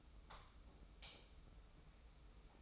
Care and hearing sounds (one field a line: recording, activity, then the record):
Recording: daily activity, microphone in the room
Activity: light off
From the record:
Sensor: 1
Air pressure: 991.0 hPa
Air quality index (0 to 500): 108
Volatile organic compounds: 96 ppm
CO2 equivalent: 3727 ppm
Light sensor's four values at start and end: 26/66/27/29 and 23/51/22/24